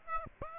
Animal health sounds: mosquito wingbeat signal from an infrared sensor; Aedes aegypti

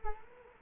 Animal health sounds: mosquito wingbeat signal from an infrared sensor; Culex quinquefasciatus

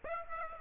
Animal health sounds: mosquito wingbeat signal from an infrared sensor; Aedes aegypti

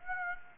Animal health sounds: mosquito wingbeat signal from an infrared sensor; Aedes aegypti

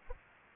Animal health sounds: mosquito wingbeat signal from an infrared sensor; Culex pipiens

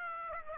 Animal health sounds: mosquito wingbeat signal from an infrared sensor; Aedes aegypti

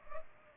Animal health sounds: mosquito wingbeat signal from an infrared sensor; Culex pipiens

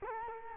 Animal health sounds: mosquito wingbeat signal from an infrared sensor; Culex quinquefasciatus

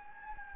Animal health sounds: mosquito wingbeat signal from an infrared sensor; Anopheles gambiae

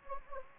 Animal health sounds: mosquito wingbeat signal from an infrared sensor; Anopheles gambiae

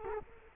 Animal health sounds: mosquito wingbeat signal from an infrared sensor; Culex quinquefasciatus

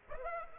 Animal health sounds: mosquito wingbeat signal from an infrared sensor; Aedes aegypti

